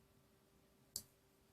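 A replacement binder clip, started deep on the handle of another binder clip held in its grip, is slowly pulled out. A single short, sharp click sounds at 0.9 s against a quiet background, but it is not firm enough, so the fit is only partly good.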